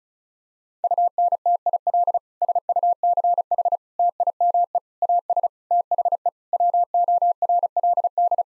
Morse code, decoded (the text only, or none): UNTIL SUCH TIME AS THE WORLD